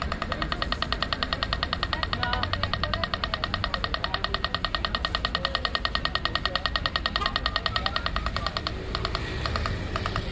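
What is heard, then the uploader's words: A pedestrian crossing signal ticks rapidly and evenly throughout, over a steady low rumble of street traffic and faint voices. Amsterdam Street Sounds - Pedestrian Crossing. The sounds of busy Amsterdam streets.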